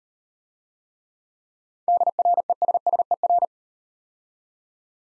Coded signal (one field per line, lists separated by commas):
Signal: Morse code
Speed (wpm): 38 wpm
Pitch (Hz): 700 Hz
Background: none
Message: DRESSER